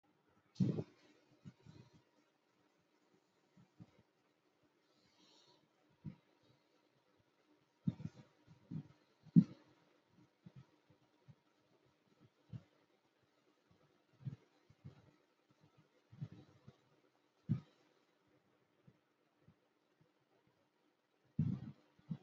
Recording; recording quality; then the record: shallow breathing; excellent, no background noise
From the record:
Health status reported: healthy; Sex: male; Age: 28 years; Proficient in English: yes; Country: India